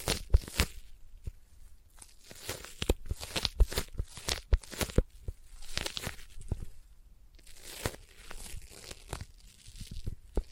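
Sticky tapping and sticky triggers: a busy run of sharp, crackling taps and peeling, tearing sounds, dense through the first half with many clicks per second. Quieter gaps follow around seven seconds, then bursts of crinkly, rustling texture return near the end.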